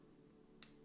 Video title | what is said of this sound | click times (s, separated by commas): How to install umbrella R-HOP in the MTW /w Maxx m4w (best MTW setup?) | boom clicked in you heard it yourself you have the ring to log it | 0.6 s